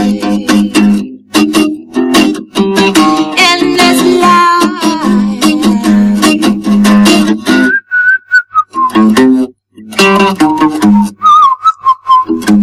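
A Uruguayan woman whistles a high, wavering melody within a song, first over full musical backing, then briefly almost alone in a sliding, descending phrase before the accompaniment returns.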